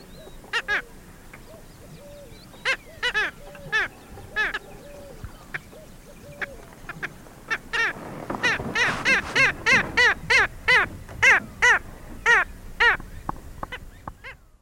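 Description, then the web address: Black skimmer calls, scattered nasal yaps at first, building into a dense run of rapid barking notes from several birds. Eastern lowlands of South America. "Natures Songs S America Eastern Lowlands. Black Skimmer"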